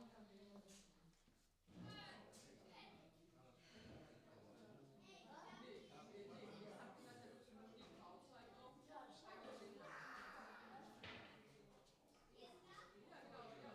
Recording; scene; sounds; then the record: everyday scene through a hearing-aid microphone; many people talking; many voices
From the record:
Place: parish hall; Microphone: in the ear canal, left